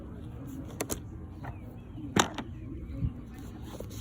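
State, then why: Seated. A new plastic headlight assembly is pushed into its mounting on the front of a car, with light taps and rustling early on. It snaps into place with a sharp click at 2.2 seconds and sits seated.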